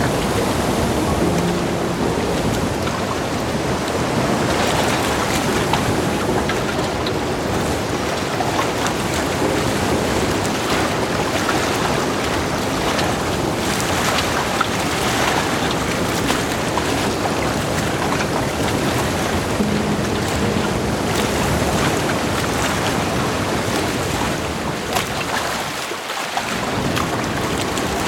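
Wind and waves on a sailing trip rush steadily throughout, a dense, even roar with constant splashing and buffeting. Brief faint tonal hums appear around 1–2 seconds and near 20 seconds, and the wash dips briefly around 26 seconds before resuming.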